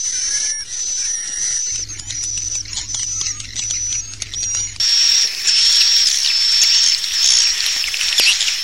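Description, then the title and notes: Swiftlet twittering, high chirps and a steady thin tone, growing louder and fuller from about five seconds on, faint hum early. Swiftlet sound used for swiftlet farming in Asia. "Swiflet Bird Sound. Farming Swiflet Bird asia sound"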